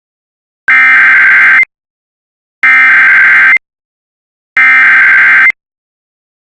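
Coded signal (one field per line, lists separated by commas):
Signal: Emergency Alert System (SAME) tones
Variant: header bursts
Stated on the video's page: IPAWS EAS civil emergency message cancellation for Chisago, Minnesota.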